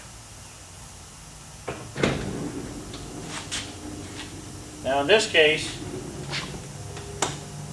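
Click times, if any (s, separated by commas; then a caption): 7.2 s. Someone talks while an Uplander minivan's sliding door, not yet repaired, is shut into its body latch, with a thud near 2.0 s, rattling and movement noises, and a sharp bang at 7.2 s. The door closes, but it does not latch tight because it is not pulled fully into the latch.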